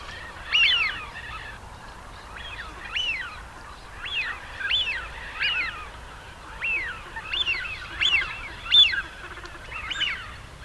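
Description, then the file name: Eurasian wigeon giving repeated whistled calls that rise then fall, over steady background hiss. Male. "sviyaz golos samca"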